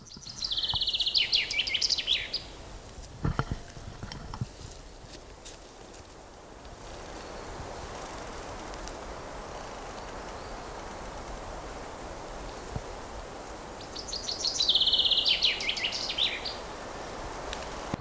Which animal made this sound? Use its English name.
Common Chaffinch